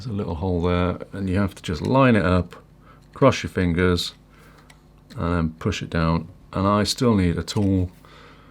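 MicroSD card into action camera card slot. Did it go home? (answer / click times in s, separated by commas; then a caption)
no / none. A microSD card is lined up with the small slot in an SMO 4K FPV action camera and pushed down with a tool while someone talks. Two faint ticks are heard near 4.7 and 5.0 seconds. The card has not clicked or seated yet.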